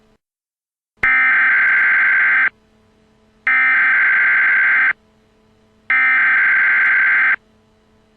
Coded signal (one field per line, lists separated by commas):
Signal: Emergency Alert System (SAME) tones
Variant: header bursts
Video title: Eas fake nuke warning